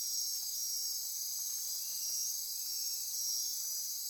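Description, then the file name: Insects trilling together in a continuous, even, very high-pitched buzz that holds steady throughout. Insect chorus recorded at midnight near Corcovado. "Wind-is-the-Original-Radio-Fridays 20240628 Andy-Martin Midnight-Insect-Chorus-Near-Corcovado"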